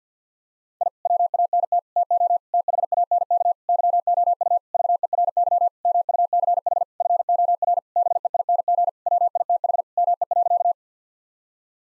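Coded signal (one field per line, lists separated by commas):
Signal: Morse code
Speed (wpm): 50 wpm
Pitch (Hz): 700 Hz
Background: none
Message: I WANT TO THANK YOU VERY MUCH FOR BEING WITH ME.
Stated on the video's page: Morse sentence-copying drill of common nine-word phrases at 50 wpm, each sentence sent, then spoken, then sent again, with the first words spoken beforehand.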